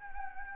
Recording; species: mosquito wingbeat signal from an infrared sensor; Anopheles gambiae